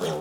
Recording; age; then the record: pig call; piglet (1 to 25 days)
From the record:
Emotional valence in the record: positive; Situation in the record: huddling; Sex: female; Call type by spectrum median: low-frequency call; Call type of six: mixed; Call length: 0.21 s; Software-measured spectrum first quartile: 402 Hz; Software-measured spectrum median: 665 Hz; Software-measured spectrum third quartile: 2068 Hz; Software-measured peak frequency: 436 Hz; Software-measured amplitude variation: 61 dB a second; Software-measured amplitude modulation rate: 20.9 a second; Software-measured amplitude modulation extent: 2.9 dB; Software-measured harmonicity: 1.8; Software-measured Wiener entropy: -1.95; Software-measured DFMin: 923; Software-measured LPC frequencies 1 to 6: 513, 1210, 3212, 5451, 6342, 7304 Hz